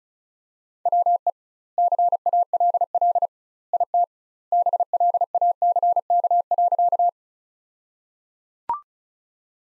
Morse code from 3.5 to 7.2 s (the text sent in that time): IT BLACK.